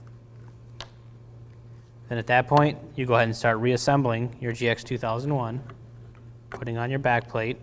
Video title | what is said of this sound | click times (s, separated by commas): RKI GX 2001 Replace Battry | battery pack in until you hear it snap | 0.8 s